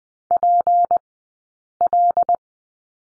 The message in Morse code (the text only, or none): PL